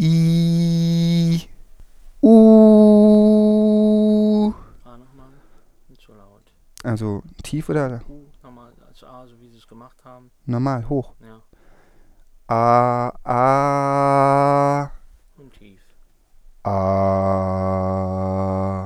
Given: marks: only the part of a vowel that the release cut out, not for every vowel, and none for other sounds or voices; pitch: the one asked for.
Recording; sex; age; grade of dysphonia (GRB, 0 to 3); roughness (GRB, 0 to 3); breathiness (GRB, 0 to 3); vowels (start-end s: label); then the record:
sustained vowels; male; 20 to 29 years; 0; 0; 0
0.23-1.17 s: vowel /i/, high pitch
2.71-4.22 s: vowel /u/, high pitch
13.66-14.70 s: vowel /a/, high pitch
16.88-18.55 s: vowel /a/, low pitch
From the record:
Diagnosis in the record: healthy voice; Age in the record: 27 years